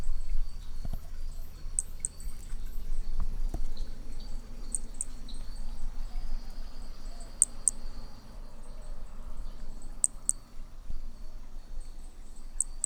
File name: B hermogenesi Picinguaba ind 03 ex 03 sem detalhes 13 dez 2017 MRB